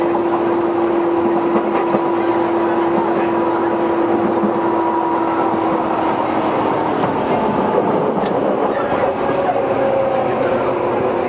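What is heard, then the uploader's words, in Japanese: Running sound from inside a Tobu 20000 series train: a steady, dense rumble of wheels and motion fills the whole stretch at an even level. A clear motor whine holds a tone through the first half, then a higher whine rises and continues toward the end. 東武20000系 普通 西新井から地下鉄上野まで。東武鉄道20000系電車の走行音です。東京地下鉄日比谷線への直通する普通列車で録音しました。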